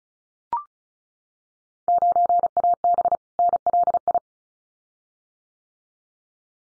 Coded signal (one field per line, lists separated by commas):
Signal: Morse code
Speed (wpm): 34 wpm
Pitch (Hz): 700 Hz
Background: none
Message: 9AB NLI